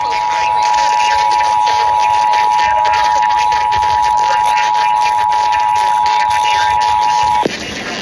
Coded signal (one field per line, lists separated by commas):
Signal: Emergency Alert System (SAME) tones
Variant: 853 and 960 Hz attention tone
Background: speech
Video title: EAS- End of September Tests: EAS Tests on (9/24/25)